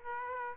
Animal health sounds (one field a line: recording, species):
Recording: mosquito wingbeat signal from an infrared sensor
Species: Aedes aegypti